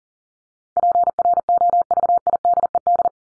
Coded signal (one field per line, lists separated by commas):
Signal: Morse code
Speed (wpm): 38 wpm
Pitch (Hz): 700 Hz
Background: none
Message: PROVIDED